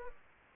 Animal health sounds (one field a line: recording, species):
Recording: mosquito wingbeat signal from an infrared sensor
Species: Aedes aegypti